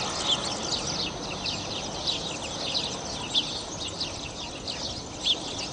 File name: passera d italia